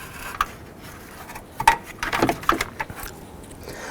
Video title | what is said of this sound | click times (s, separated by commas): How to Replace Radiator Support Bracket 2007-2011 Honda Civic | right here slide that on and you hear it click when it locks into place | 0.4 s